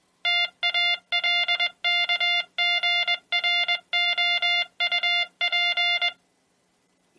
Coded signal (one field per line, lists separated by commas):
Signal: Morse code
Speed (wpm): 20 wpm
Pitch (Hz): 2100 Hz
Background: none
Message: TALKGROUP